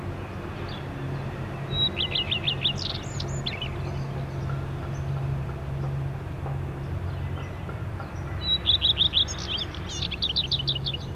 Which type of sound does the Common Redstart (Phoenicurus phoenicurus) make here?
song